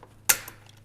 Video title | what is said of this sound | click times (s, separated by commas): How To Install A 240V Outlet In Garage - EV Car Charger, Welder, And Electric Range (Hubbell 14 50) | all right so you heard it click there so something really important that I do with stranded wire | 0.3 s